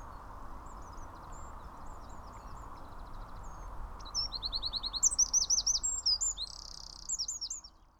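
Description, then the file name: Eurasian wren song: faint high chips at first, then a loud rapid cascade of shrill repeated notes with a buzzy rattle, fading at the close. "Troglodytes troglodytes"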